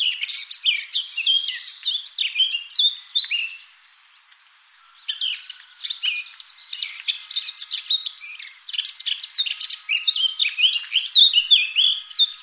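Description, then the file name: Eurasian blackcap song, a long and lively stream of quick chirps, slurred whistles and scratchy notes, dipping briefly quieter near the middle before picking up again. "Sylvia atricapilla"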